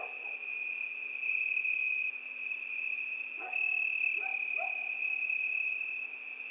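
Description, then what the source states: Cricket trilling runs steadily at a high pitch while a few brief lower calls break in near the middle. Crickets at night.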